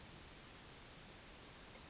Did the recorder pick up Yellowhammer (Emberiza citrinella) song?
no